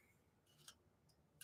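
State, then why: Not seated. Two metal pins are inserted into the locking mechanism of an old miner's lamp and worked back and forth to open it, giving short, faint metallic ticks at about 0.7 and 1.4 seconds over a quiet background. The mechanism fails to open: nothing has clicked yet.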